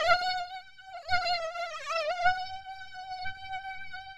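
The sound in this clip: Mosquito wing whine, a steady high-pitched hum that wavers and dips in pitch around the middle, then holds level to the end.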